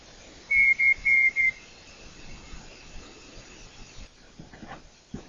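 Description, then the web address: Night parrot whistled calls: four short, clear, level notes in a quick burst, then quiet with soft background rustles and faint clicks. First recording of the species, made by John Young, February 2019. "201902 John Young-first-night-parrot-recording"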